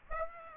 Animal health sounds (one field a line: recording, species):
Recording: mosquito wingbeat signal from an infrared sensor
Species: Aedes aegypti